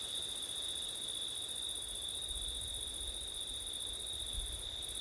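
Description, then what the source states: Cricket chorus trills steadily at a high pitch while low wind gusts rumble in the background, the upper tone pausing briefly near the end. September night, with wind; ORTF stereo microphone setup.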